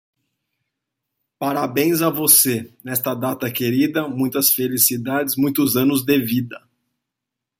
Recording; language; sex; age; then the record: short text; Brazilian Portuguese; male; 40 to 49 years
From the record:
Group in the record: control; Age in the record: 41 years